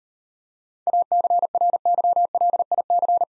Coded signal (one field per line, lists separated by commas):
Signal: Morse code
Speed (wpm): 38 wpm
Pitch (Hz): 700 Hz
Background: none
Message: ACRYLIC